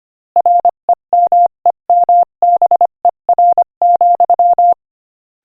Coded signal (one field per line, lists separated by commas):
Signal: Morse code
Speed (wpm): 25 wpm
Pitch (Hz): 700 Hz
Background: none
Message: REMEMBER,